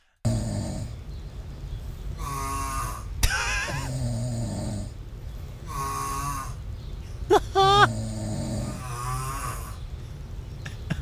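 An adult snoring while asleep at night in an apartment in DC. The snores change from one breath to the next, with several distinctly different kinds of snoring sounds.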